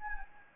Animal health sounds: mosquito wingbeat signal from an infrared sensor; Anopheles gambiae

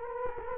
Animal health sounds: mosquito wingbeat signal from an infrared sensor; Culex quinquefasciatus

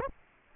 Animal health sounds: mosquito wingbeat signal from an infrared sensor; Aedes aegypti

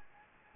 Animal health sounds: mosquito wingbeat signal from an infrared sensor; Anopheles gambiae

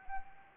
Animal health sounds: mosquito wingbeat signal from an infrared sensor; Anopheles gambiae

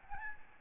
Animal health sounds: mosquito wingbeat signal from an infrared sensor; Aedes albopictus

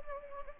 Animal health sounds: mosquito wingbeat signal from an infrared sensor; Anopheles gambiae

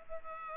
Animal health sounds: mosquito wingbeat signal from an infrared sensor; Culex pipiens

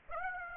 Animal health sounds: mosquito wingbeat signal from an infrared sensor; Aedes aegypti

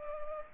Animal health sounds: mosquito wingbeat signal from an infrared sensor; Culex pipiens

